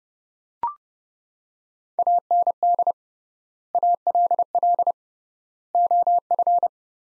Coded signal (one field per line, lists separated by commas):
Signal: Morse code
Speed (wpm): 30 wpm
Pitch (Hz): 700 Hz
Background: none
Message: AND ALL OF